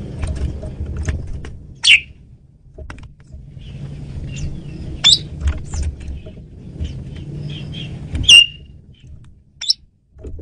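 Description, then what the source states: Asian pied starling giving a few scattered short, sharp whistled chirps with pauses between them over a steady low rumble. Female bird used as a lure (pemikat) bird.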